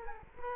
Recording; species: mosquito wingbeat signal from an infrared sensor; Culex quinquefasciatus